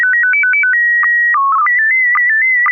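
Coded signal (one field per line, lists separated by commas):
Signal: SSTV (slow-scan television)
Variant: PD 120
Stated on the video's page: SSTV net on a 441.300 MHz FM repeater in Sacramento, using MMSSTV software.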